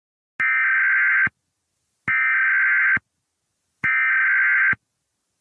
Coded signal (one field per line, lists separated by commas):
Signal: Emergency Alert System (SAME) tones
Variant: header bursts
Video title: EAS Scenarios #74-77: The Protagonist (Full EAS Story)